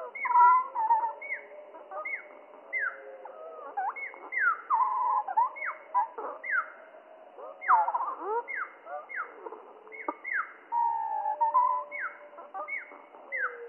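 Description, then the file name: Spotted flycatcher song, slowed down, heard as a dense run of deep, drawn-out downward-sweeping whistles and warbled notes, repeated in quick succession. Song slowed down three octaves; mono. "GOBE MOUCHE GRIS MOINS TROIS OCTAVES MONO"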